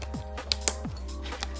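A clear plastic planner cover is pressed onto the small holding tabs at the bottom of a disc-bound planner so it won't move around. Over steady background music, two sharp snaps ring out at 0.5 s and 0.7 s, with a softer tick near 1.4 s. The cover seats into the tabs.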